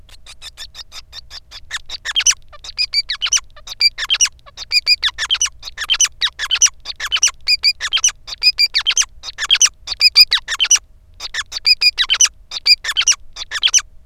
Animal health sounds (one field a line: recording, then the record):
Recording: song of a male Bengalese finch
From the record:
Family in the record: son of father 5